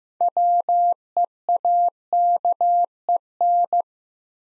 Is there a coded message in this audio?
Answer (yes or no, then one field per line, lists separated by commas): yes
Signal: Morse code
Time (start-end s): 0.2-3.8 s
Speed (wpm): 15 wpm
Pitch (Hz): 700 Hz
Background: none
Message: WEAKEN